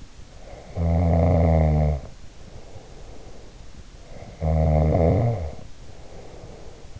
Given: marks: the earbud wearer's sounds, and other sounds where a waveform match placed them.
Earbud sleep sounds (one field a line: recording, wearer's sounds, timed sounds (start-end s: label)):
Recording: sounds in sleep by an in-ear microphone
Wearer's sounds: snoring breath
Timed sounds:
0.41-3.66 s: snoring breath
4.01-7.00 s: snoring breath